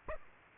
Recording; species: mosquito wingbeat signal from an infrared sensor; Aedes aegypti